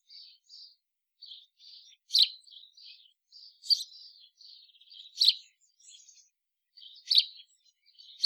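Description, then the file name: House sparrow calling with a busy series of short chirps, punctuated by several louder emphatic notes. "Passer domesticus"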